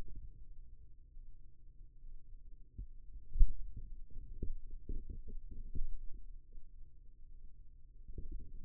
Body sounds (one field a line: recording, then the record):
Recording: forearm muscle sounds (acoustic myography)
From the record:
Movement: finger pinch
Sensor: system 2, bracelet of six BSWA MPA416 microphones around the upper forearm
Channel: 2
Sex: male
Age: 22 years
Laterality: right